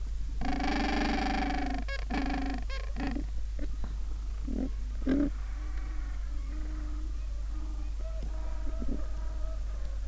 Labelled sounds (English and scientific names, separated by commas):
Gentoo Penguin (Pygoscelis papua)